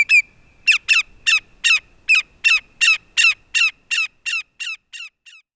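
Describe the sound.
Greater yellowlegs giving a long series of ringing, downslurred whistles that fade toward the end.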